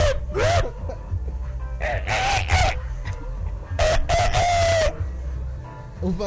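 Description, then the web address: Rooster crowing a few times, loud, harmonic, drawn-out calls over a steady low hum. Rooster crowing contest. "musee concours de coq"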